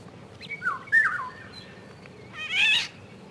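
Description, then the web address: Eurasian golden oriole song: a few fluty, liquid whistled notes gliding around mid pitch, followed by a harsh, nasal, cat-like squawk near the end. Recorded in spring. "vremena vesna ivolga"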